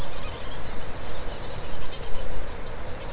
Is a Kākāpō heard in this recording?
no